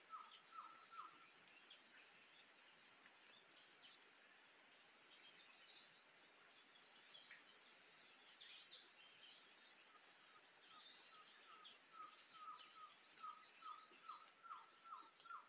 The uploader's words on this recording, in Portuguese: Mata Atlântica Floresta tropical/Tropical forest/Forêt tropicale.